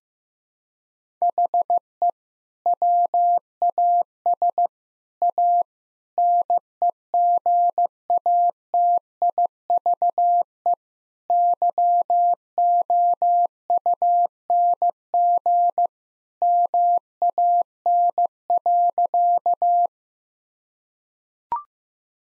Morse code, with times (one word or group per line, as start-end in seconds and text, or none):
1.2-2.1 HE
2.7-4.7 WAS
5.2-5.6 A
6.2-10.7 NEGATIVE
11.3-15.9 YOUNG
16.4-19.9 MAN.